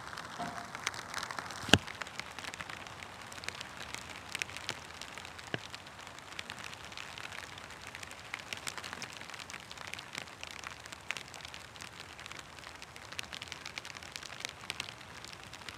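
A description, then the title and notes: Light rain patters steadily on a surface, a dense spread of small, bright ticks with no lull across the whole stretch. Drops land with one sharper tap standing out near the two-second mark, while a faint low hush sits underneath. ASMR Radio - Rain drops. I figured I'd venture outside to capture the rhythmic pitter patter of the light rain fall we had in my area today.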